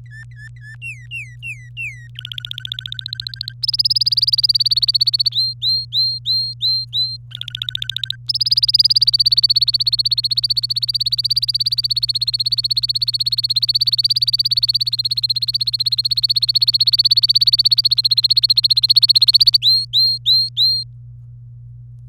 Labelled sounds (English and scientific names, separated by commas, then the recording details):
Domestic Canary (Serinus canaria) song
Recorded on 24 April 2018 at 12:47
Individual llb3